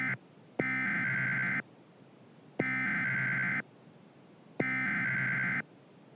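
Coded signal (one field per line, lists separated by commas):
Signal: Emergency Alert System (SAME) tones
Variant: header bursts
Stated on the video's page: EAS tones in a fictional EAS scenario about a hurricane making landfall in southern California.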